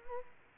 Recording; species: mosquito wingbeat signal from an infrared sensor; Culex quinquefasciatus